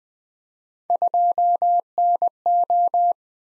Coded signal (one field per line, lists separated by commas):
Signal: Morse code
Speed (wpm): 20 wpm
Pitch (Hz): 700 Hz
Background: none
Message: 2NO